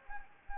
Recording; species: mosquito wingbeat signal from an infrared sensor; Anopheles gambiae